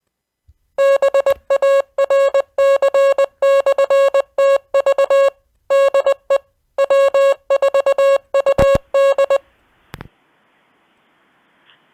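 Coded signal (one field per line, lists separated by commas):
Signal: Morse code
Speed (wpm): 20 wpm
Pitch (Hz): 550 Hz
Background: music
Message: BARC/TV DE W4UD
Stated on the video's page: Amateur radio net on a 2 m FM repeater (146.670) linked to Wires-X.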